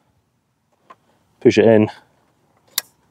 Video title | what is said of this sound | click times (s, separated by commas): Viyuki 8inch Brush Cutter Attachment | here it click into place turn over you see here | 2.8 s